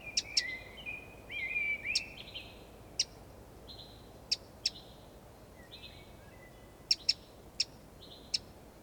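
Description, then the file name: Eurasian wren, scattered hard clicking calls, some paired, after a short twittering phrase at the start, with level whistles in the background. "Troglodytes troglodytes"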